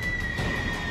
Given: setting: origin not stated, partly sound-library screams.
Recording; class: one-second piece from a danger detection set; woman in danger